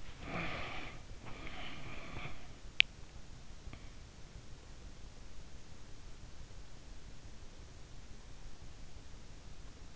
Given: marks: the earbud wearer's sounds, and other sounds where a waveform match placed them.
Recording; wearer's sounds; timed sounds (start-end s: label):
sounds in sleep by an in-ear microphone; breath
0.00-2.57 s: breath